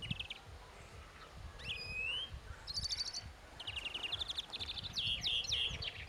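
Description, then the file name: European greenfinch calls: short buzzy chirps and quick trilled twitters, a rising drawn-out whistle near two seconds, then rapid repeated chirping notes over faint low background rumble. "Chloris chloris"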